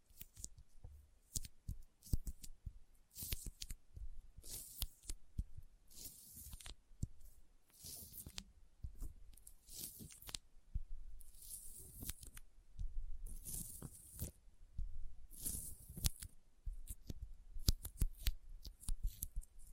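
Sticky finger sounds: repeated wet, tacky pulls and smacks, with bright crackling bursts roughly every one to two seconds. Between bursts there are softer squishes and low thumps, and the pattern stays busy and uneven throughout without settling.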